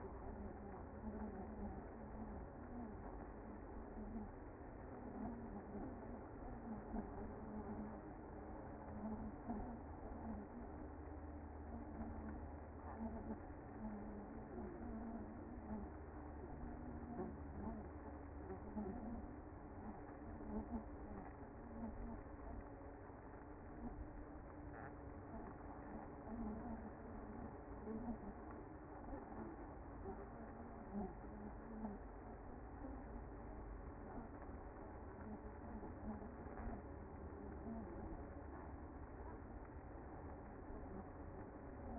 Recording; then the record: honeybee colony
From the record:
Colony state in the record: active